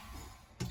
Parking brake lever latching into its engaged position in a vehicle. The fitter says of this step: aktifkan packing berikutnya kita tinggal kita turun sampai bunyi tek ya seperti